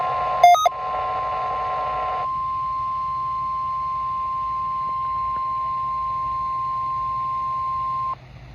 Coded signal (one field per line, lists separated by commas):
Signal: Emergency Alert System (SAME) tones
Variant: 1050 Hz attention tone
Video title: CLE & IWX Required Weekly Test from 8/625 | EAS #291-292